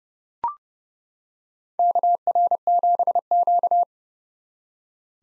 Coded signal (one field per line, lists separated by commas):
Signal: Morse code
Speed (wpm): 29 wpm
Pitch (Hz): 700 Hz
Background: none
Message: KR7Q